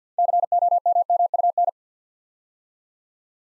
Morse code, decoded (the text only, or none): COMMUN